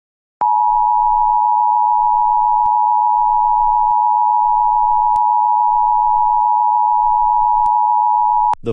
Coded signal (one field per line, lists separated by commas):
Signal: Emergency Alert System (SAME) tones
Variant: 853 and 960 Hz attention tone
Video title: EAS Scenario Zombie Eaters (please do not watch this, it's terrible.)